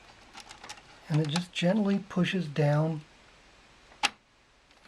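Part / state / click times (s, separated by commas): cable connector into motherboard header / seated / 4.1 s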